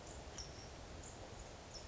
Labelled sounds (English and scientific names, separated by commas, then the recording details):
California Towhee (Melozone crissalis)
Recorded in Sonoma County, California